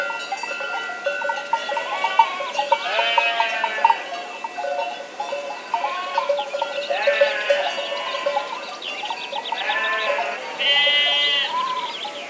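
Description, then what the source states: Sheep bleats, a flock calling in turn with quavering, nasal cries, some higher and tremulous, the loudest coming toward the end. Sheep in an enclosure.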